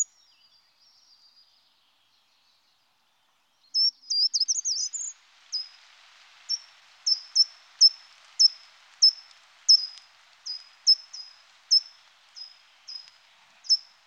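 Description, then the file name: Short-toed treecreeper: one brief, high jumbled song phrase, then a long series of single sharp, high call notes repeated about every half second to second. "Grimpereau des jardins"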